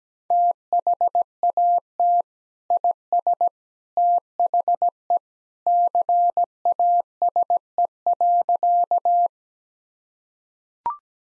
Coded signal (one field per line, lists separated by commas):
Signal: Morse code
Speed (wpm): 17 wpm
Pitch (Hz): 700 Hz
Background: none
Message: THAT IS THE CASE.